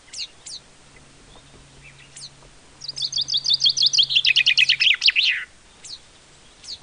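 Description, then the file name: Common chaffinch song, a run of repeated notes dropping in pitch to a final flourish, with sharp single chip calls before and after and a low hum. "Fringilla coelebs"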